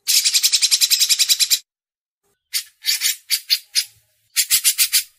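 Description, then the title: Grey-cheeked bulbul song: a fast run of harsh pulsed notes, a pause, then shorter scattered bursts of the same buzzy chatter. Masteran: training audio for songbirds. "MASTERAN CUCAK JENGGOT"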